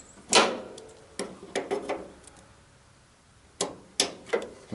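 While replacing a headlight on a C10 truck, a headlight part is pushed into its mount in the truck front, with sharp knocks and rattles around 0.3 s and 3.6 s. A loud, sharp click at 4.0 s shows the part seating into place.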